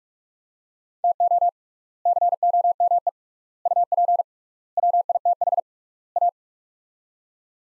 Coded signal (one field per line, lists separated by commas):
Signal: Morse code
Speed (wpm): 42 wpm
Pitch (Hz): 700 Hz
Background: none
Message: TO COME UP WITH A